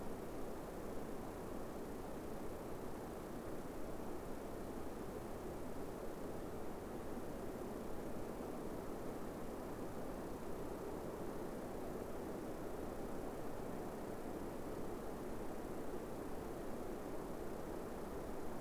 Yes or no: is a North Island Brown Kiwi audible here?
no